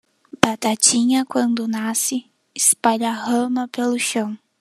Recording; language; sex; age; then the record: short text; Brazilian Portuguese; female; 20 to 29 years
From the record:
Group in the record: control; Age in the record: 20 years